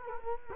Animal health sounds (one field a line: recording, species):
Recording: mosquito wingbeat signal from an infrared sensor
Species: Culex quinquefasciatus